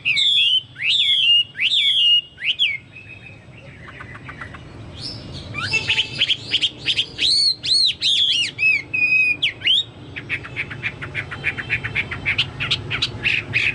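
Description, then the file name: Chinese hwamei song: loud looping whistles, a short pause, rich rising and falling phrases, then a rapid series of short notes. "hwamei-2-omkicau"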